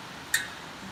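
The spring clip on the end of a manual quick hitch's locking pin for a digger bucket is fitted after the pin is slid through the hitch. A single sharp metallic tick at 0.3 s rings briefly over quiet background hiss. The clip snaps on and is seated.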